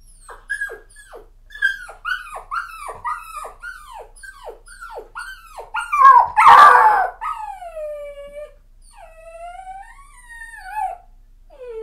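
Dog: puppy crying in a quick run of short, repeated yelping whines, a sudden louder squeal midway, then slower drawn-out whimpers.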